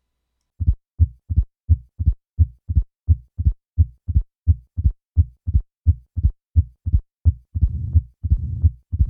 The sound of pure mitral stenosis at a heart rate of 85 beats per minute. A soft second heart sound and a loud first heart sound and loud opening snap, and then add the murmur. Notice how easy it is to mistake this for a systolic murmur.